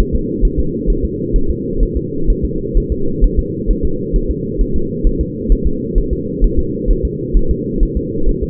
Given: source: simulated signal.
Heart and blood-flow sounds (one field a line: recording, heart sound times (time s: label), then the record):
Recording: fetal heart sounds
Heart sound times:
0.00 s: S1
0.15 s: S2
0.45 s: S1
0.59 s: S2
0.90 s: S1
1.05 s: S2
1.36 s: S1
1.50 s: S2
1.83 s: S1
1.97 s: S2
2.30 s: S1
2.45 s: S2
2.77 s: S1
2.92 s: S2
3.24 s: S1
3.39 s: S2
3.70 s: S1
3.85 s: S2
4.16 s: S1
4.31 s: S2
4.61 s: S1
4.76 s: S2
5.07 s: S1
5.21 s: S2
5.52 s: S1
5.67 s: S2
5.98 s: S1
6.13 s: S2
6.44 s: S1
6.59 s: S2
6.91 s: S1
7.05 s: S2
7.37 s: S1
7.51 s: S2
7.83 s: S1
7.97 s: S2
8.29 s: S1
8.43 s: S2
From the record:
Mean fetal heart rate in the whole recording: 130 bpm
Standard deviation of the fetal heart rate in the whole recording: 4 bpm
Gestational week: 38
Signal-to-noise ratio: -8.1 dB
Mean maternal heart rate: 72 bpm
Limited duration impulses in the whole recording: absent